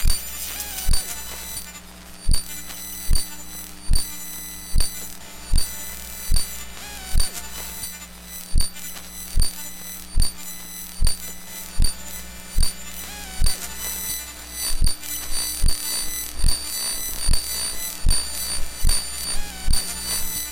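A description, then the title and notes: Electromagnetic fields from a mobile phone, made audible as a steady low electrical hum with bright, piercing whistles and tones layered high above. Sharp clicks strike at a regular pace, roughly every 0.7 seconds, with a busier, more stuttering run of pulses near the end. The EMF Turntable is an interactive sound sculpture by Shaughn Martel that amplifies the electromagnetic fields generated by mobile phones and other small electronic devices.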